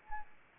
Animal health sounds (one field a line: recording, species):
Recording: mosquito wingbeat signal from an infrared sensor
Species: Anopheles arabiensis